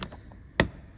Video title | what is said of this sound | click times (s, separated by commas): Ford Ranger inner door handle replacement | You just hear that, just as it clicks and locks into place. | 0.6 s